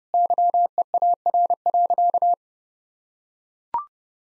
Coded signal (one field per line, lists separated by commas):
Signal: Morse code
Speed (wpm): 30 wpm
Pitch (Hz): 700 Hz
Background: none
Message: YEAR.